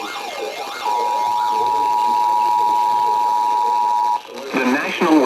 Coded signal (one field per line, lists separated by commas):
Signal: Emergency Alert System (SAME) tones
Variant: 853 and 960 Hz attention tone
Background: speech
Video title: EAS #062 Severe Thunderstorm Warning